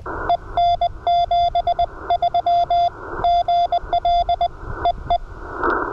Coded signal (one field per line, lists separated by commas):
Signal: Morse code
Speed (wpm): 20 wpm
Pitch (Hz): 700 Hz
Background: none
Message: EN 73 GL EE